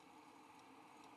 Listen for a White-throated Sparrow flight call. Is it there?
no